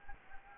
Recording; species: mosquito wingbeat signal from an infrared sensor; Anopheles gambiae